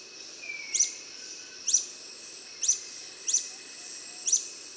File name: Golosa ptic - Dlinnoklyuvyj solnechnyj kolibri Phaethornis longirostris